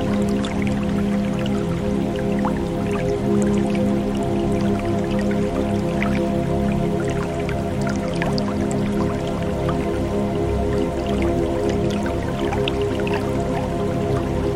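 A river flows gently and steadily, its low, even rush holding constant for the whole stretch. Quick drips and small splashy clicks pop up continually over it, scattered without a regular pattern, while a faint steady hum sits underneath.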